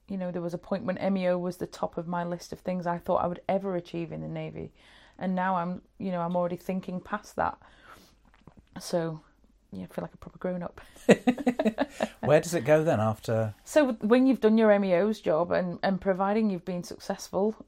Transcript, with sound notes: You know, there was a point when AMEO was the top of my list of things I thought I would ever achieve in the Navy and now I’m, you know, I’m already thinking past that so yeah I feel like a proper grown up (laughs) Where does it go then after? So, when you’ve done your AMEO’s job and providing you’ve been successful,